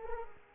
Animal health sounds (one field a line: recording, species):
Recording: mosquito wingbeat signal from an infrared sensor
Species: Culex quinquefasciatus